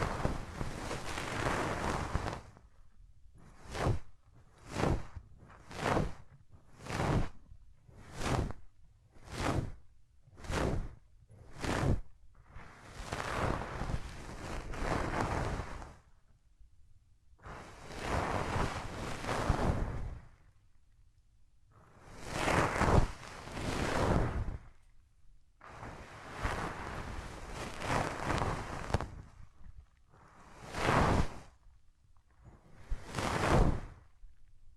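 Hands rub over the ears in bursts of soft, rough swishing that reach from low rumble up into bright hiss. Early on the strokes come quick and regular, about one every second, then give way to longer sweeps of several seconds each, ending with two short rubs.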